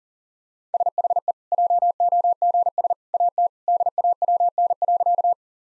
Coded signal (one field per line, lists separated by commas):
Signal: Morse code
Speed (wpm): 40 wpm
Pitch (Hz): 700 Hz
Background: none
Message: SHE JOGS AT DAWN.